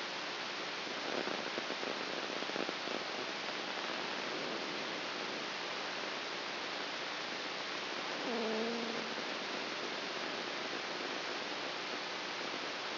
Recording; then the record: brain microelectrode recording played as sound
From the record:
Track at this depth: inside the subthalamic nucleus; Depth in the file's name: 4.801 mm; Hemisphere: right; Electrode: 3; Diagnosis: Parkinson's disease